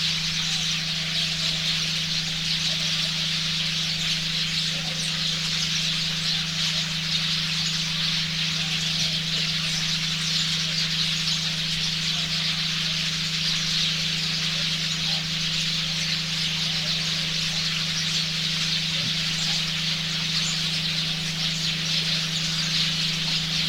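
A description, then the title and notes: A dense, unbroken wash of bird chatter fills the upper range for the whole clip, many voices blurring together at a steady level. Underneath, a generator drones a constant low hum that never changes pitch or loudness. Bird chatter. Generator hum.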